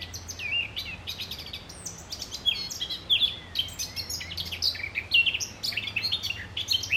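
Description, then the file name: Eurasian blackcap giving continuous rapid warbling, mixing buzzy chatter with bright whistled slurs, over a low background drone. "Sylvia atricapilla"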